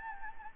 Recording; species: mosquito wingbeat signal from an infrared sensor; Anopheles gambiae